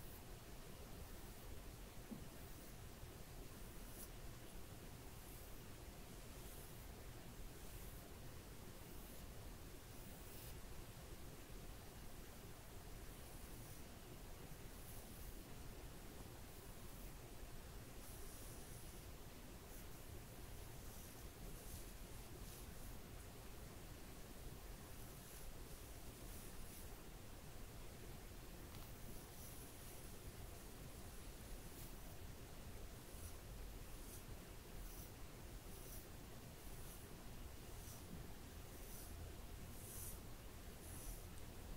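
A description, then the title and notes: Hair being brushed, with soft bright strokes repeating every second or so over a steady, dense hiss and a low background rumble. Hair play, hair brushing, back scratch.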